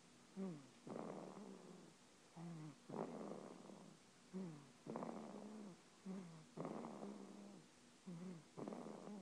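Snoring of a 9-day-old baby boy: about five breaths in nine seconds, each a short squeaky intake followed by a rattling, snorting breath.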